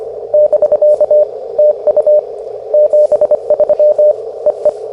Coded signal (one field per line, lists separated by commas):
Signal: Morse code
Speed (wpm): 24 wpm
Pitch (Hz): 600 Hz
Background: none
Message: <BK> TU 73 EE